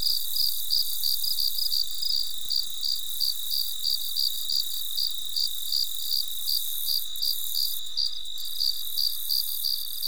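Cricket giving a long run of evenly spaced chirps, about three each second.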